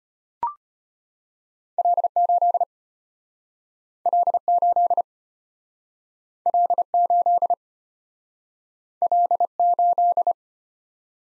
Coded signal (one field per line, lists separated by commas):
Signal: Morse code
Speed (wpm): 33 wpm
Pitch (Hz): 700 Hz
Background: none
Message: L8 L8 L8 L8